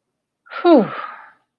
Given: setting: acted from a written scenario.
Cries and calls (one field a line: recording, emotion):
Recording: vocal sound without words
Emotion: relief